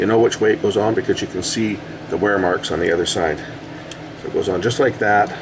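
A plastic retainer clip is pressed onto the main cam shaft of a Sony SLV-R5 S-VHS VCR transport, oriented by the wear marks on its other side. Someone talks throughout over a steady low hum. Nothing has seated or clicked yet.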